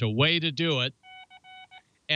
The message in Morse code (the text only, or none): none